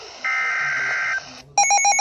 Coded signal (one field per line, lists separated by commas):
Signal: Emergency Alert System (SAME) tones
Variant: header bursts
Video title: ALERTS IN PROSPECT PA (EAS ALERTS 2220-2251 FROM 8/13/21)